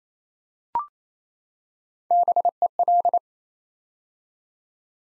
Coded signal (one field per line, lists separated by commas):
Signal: Morse code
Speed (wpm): 28 wpm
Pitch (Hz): 700 Hz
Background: none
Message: BEL